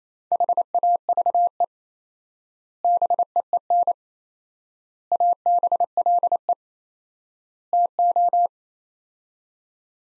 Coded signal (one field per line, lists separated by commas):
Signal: Morse code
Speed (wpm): 28 wpm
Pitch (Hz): 700 Hz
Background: none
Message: HAVE BEEN ABLE TO